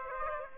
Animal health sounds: mosquito wingbeat signal from an infrared sensor; Aedes aegypti

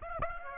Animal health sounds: mosquito wingbeat signal from an infrared sensor; Aedes aegypti

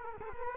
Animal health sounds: mosquito wingbeat signal from an infrared sensor; Culex quinquefasciatus

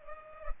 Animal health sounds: mosquito wingbeat signal from an infrared sensor; Culex pipiens

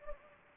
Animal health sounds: mosquito wingbeat signal from an infrared sensor; Anopheles gambiae

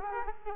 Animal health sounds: mosquito wingbeat signal from an infrared sensor; Culex quinquefasciatus

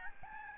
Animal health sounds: mosquito wingbeat signal from an infrared sensor; Aedes albopictus

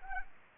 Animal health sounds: mosquito wingbeat signal from an infrared sensor; Culex pipiens

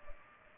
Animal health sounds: mosquito wingbeat signal from an infrared sensor; Culex pipiens

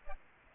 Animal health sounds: mosquito wingbeat signal from an infrared sensor; Aedes aegypti

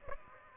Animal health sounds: mosquito wingbeat signal from an infrared sensor; Aedes aegypti

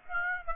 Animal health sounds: mosquito wingbeat signal from an infrared sensor; Aedes aegypti

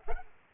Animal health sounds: mosquito wingbeat signal from an infrared sensor; Culex pipiens

